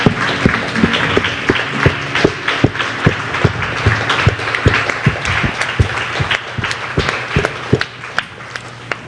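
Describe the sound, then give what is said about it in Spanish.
Sustained audience applause from a crowd at the close of a religious congress, given to God in thanks, many hands clapping in a dense, steady patter with sharp individual claps standing out, keeping an even loudness throughout before easing slightly at the end. “Vamos a darle un aplauso a Él para terminar este congreso y darle gracias por todo lo que ha hecho.”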